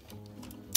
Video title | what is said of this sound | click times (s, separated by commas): Vintage POLAROLD Land Camera Review UNBOXING. | nice get a nice click yes you see that | 0.8 s